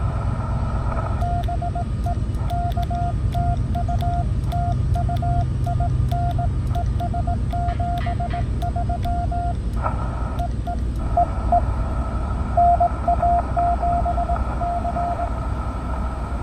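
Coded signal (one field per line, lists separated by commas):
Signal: Morse code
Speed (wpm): 18 wpm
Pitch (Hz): 690 Hz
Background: none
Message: BE K TU TU IN ES 73 EE EE NA7C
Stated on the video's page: Parks on the Air activation, worked in CW and SSB.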